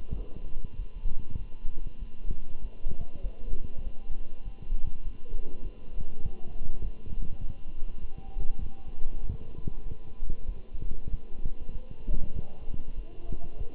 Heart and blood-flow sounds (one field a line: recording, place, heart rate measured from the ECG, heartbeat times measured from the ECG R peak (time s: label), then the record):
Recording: heart sounds by stethoscope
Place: between the tricuspid and mitral areas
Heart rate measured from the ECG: 98 bpm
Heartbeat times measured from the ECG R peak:
0.17 s: heartbeat
0.78 s: heartbeat
1.38 s: heartbeat
1.99 s: heartbeat
2.62 s: heartbeat
3.23 s: heartbeat
3.84 s: heartbeat
4.44 s: heartbeat
5.04 s: heartbeat
5.63 s: heartbeat
6.23 s: heartbeat
6.83 s: heartbeat
7.41 s: heartbeat
8.01 s: heartbeat
8.61 s: heartbeat
9.21 s: heartbeat
9.84 s: heartbeat
10.47 s: heartbeat
11.10 s: heartbeat
11.73 s: heartbeat
12.35 s: heartbeat
12.96 s: heartbeat
13.58 s: heartbeat
From the record:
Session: walking at 3.7 km/h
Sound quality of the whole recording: good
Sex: male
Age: 24 years